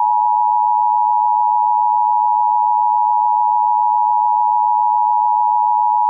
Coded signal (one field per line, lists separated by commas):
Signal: Emergency Alert System (SAME) tones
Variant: 853 and 960 Hz attention tone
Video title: EAS Mock: Required Monthly Test